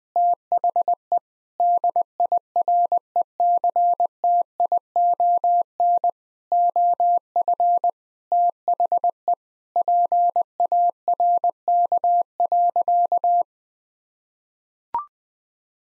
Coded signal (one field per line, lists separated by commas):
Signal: Morse code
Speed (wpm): 20 wpm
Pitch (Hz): 700 Hz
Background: none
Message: THE DIRECTION OF THE PARK.